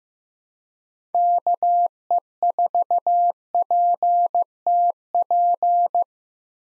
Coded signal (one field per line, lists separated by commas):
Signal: Morse code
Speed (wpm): 15 wpm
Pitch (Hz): 700 Hz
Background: none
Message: KE4PTP